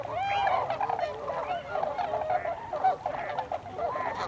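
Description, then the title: Tundra swan flock, overlapping whooping calls with a few clear drawn-out notes standing out from the crowd. Several tundra swans recorded together on 26 December 2020. "2020-12-26-Tundra-Swans"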